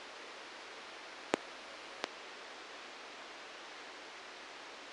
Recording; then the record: brain microelectrode recording played as sound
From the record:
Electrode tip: outside the subthalamic nucleus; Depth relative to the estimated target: 0 mm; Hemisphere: right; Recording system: NeuroSet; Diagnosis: Parkinson's disease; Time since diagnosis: 9 years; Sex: male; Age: 56 years